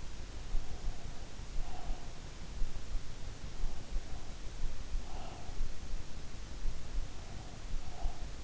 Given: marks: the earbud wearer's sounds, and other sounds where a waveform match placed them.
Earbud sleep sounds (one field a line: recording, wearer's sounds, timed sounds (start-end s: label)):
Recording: sounds in sleep by an in-ear microphone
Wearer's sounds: breath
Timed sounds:
0.22-2.27 s: breath
3.76-5.80 s: breath
7.09-8.43 s: breath